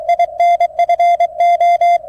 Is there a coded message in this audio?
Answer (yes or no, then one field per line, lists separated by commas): yes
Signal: Morse code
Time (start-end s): 0.1-2.0 s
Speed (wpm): 23 wpm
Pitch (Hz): 690 Hz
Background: music, radio noise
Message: INFO